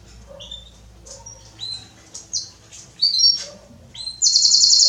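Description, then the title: Belgian canary song, scattered high chirps and short whistled notes, ending in a loud fast trill. Male Belgian canary singing a lot, used to warm up young birds in thirty minutes, for song training. "Esquente Seu Filhote E Canario Belga Em 30 Minutos Macho Cantando Muito"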